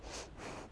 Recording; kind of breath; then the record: one breath in and out by a microphone near the nose and mouth; strong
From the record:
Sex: female